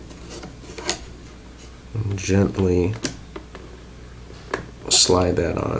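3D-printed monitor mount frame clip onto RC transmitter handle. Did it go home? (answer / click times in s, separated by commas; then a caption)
no / none. A 3D-printed plastic LCD monitor mount frame is handled and slid toward the rear handle of a Turnigy 9x RC transmitter while someone talks, with a few short, sharp taps and knocks of the parts meeting. Nothing has seated or clicked into place yet.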